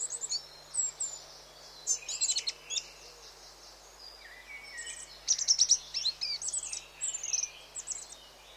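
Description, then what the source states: Goldcrest calls: very high, thin notes in short bursts, mixed with lower whistled phrases and sweeping notes from other small birds singing in the background. Goldcrest with blackbird, wren and blue tit in the background; BBC sound effects recording.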